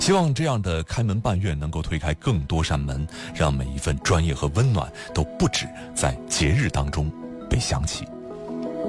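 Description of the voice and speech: A man speaks Mandarin at a steady broadcast pace, with a low, clear, well-voiced tone and only brief pauses between phrases. The speech is fluent and ordinary, with no sign of hoarseness, slurring or stuttering.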